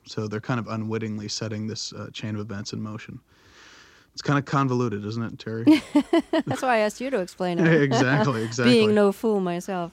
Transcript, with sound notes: So they're kind of unwittingly setting this chain of events in motion.
It's kind of convoluted, isn't it, Terry?
(laughs) That's why I asked you to explain it.
Yes, exactly, exactly.
Being no fool myself.